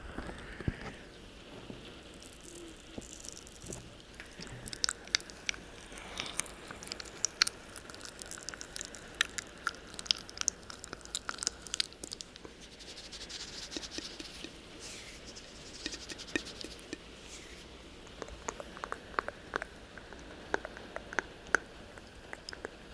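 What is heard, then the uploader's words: Mouth sounds: wet clicks, smacks and chewing noises crowd the clip in quick, irregular bursts, thickest around 5–12 seconds and again near the end. A soft, steady low hiss sits underneath. Intense Mouth Sounds.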